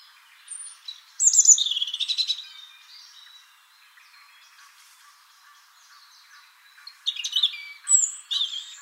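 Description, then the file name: European robin singing two varied phrases of high whistles and rapid trilled notes, separated by a quiet gap of about four seconds, over a low steady hum. "Erithacus rubecula"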